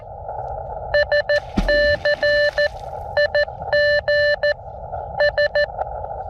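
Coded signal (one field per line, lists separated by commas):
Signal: Morse code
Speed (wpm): 14 wpm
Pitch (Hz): 590 Hz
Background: none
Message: SC IG S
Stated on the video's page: Morse from an Elecraft KX2 with AX1 antenna, low-power QRP operation.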